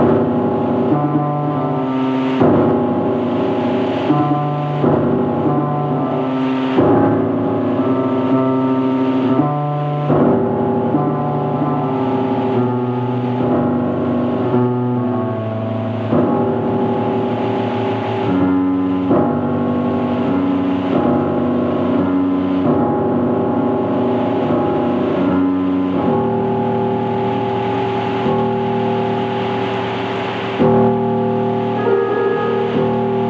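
A piano improvises slow, sustained chords that shift every few seconds, ringing full over a steady low rumble underneath.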